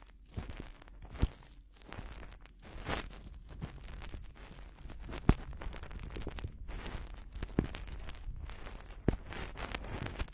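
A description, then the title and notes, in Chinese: A finger pokes and rubs at an ear, making dense, muffled rustling and soft low thumps that come and go throughout. Sharp little clicks stand out around the first, fifth, seventh and ninth seconds, with no other sounds behind. 用手指戳耳朵。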